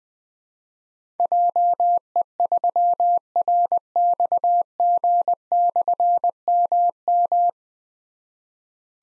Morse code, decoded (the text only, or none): JE3RXG/MM